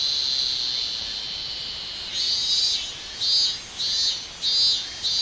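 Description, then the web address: Minmin cicada song: a continuous shrill drone breaking into several loud buzzy pulses in quick succession. "shamanippon-2012 a minminzemi"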